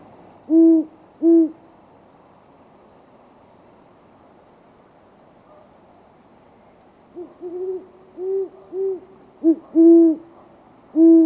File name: a-great horned owl